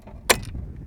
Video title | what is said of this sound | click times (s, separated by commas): CALIFORNIA SURPRISES US!!! We had no idea! Come explore Southern California with us! | It clicks into place. | 0.3 s